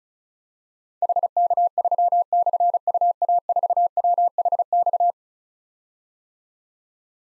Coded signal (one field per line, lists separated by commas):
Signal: Morse code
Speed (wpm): 36 wpm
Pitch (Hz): 700 Hz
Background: none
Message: HK3/UA4WHX